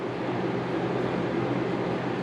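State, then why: Not seated. During a ZippKits Jae21 33 FE RC car build, a component is worked around and pressed into its mount on the chassis. Only a steady, broadband mechanical hum and hiss is heard, with no sharp transients. Nothing has seated or clicked yet.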